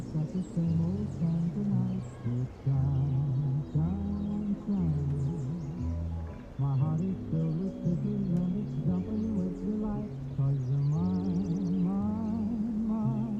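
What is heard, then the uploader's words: Oldies music plays in another room, muffled and bass-heavy, with a wavering sung melody carried over steady low notes. The tune moves through held tones and short rising and falling phrases, with a brief dip in loudness around six seconds. Summer oldies playing in another room.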